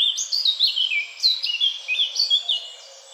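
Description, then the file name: Eurasian blackcap song: a short, fast run of sweet whistled and warbled notes, rising and dropping in quick succession. "Sylvia atricapilla"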